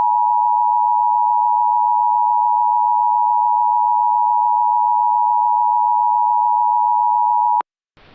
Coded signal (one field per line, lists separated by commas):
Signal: Emergency Alert System (SAME) tones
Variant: 853 and 960 Hz attention tone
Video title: EAS Mock: Halo [Re-upload]